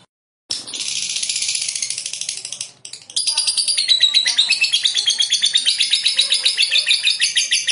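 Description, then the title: Lovebird song: a dense high chattering burst, a brief gap, then a long rapid trill of sharp repeated notes, steady and buzzy. "Suara Lovebird"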